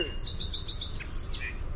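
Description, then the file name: Song sparrow song in a short burst: clear high opening notes run into a fast sweet trill and a lower closing note. "SOSP song"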